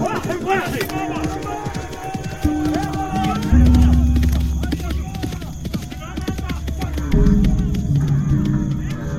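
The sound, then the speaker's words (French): Horses ridden by armed men, a cavalry, gallop, their hooves clip-clopping in a rapid, steady patter beneath loud, sustained dramatic music with deep stepped bass notes. “Gabard revient avec des hommes armés! Ils sont même en cheval! Mais c'est la cavalerie, ma parole!”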